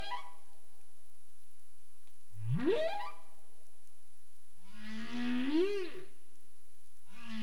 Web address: CARIMAM clean data humpback whale 20350427 214731 UTC